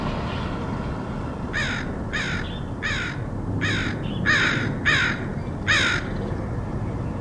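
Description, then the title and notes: Crow cawing, a series of seven rasping caws against a noticeable low rumble of background noise. Crows recorded in Portland, Oregon, USA, in August 2003. "Crows of Portland. Crows recorded by Dan Bodah in Portland, OR, August 2003"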